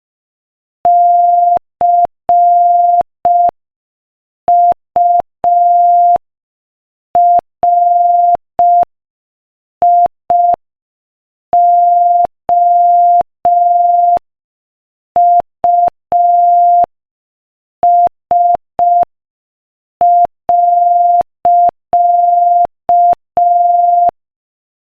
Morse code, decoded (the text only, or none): CURIOUS.